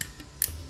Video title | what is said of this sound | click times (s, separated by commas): MERAKIT PC - MUDAH & LENGKAP PASTI BISA #MERAKITPC #MERAKITKOMPUTER#TKJ #KOMPONENPC #SSD | Sampai bunyi klik Nah | 0.4 s